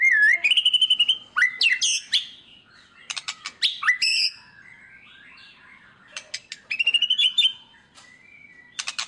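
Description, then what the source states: White-rumped shama song: rising whistles, sharp clicking bursts and rattling phrases with short silences between. Song used as a lure to make other birds respond.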